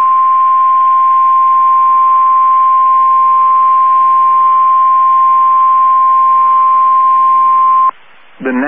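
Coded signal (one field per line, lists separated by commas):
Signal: Emergency Alert System (SAME) tones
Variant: 1050 Hz attention tone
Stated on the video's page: Severe thunderstorm alerts for the Texas and Oklahoma Panhandles from NOAA Weather Radio, Amarillo.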